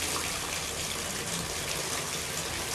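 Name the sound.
running water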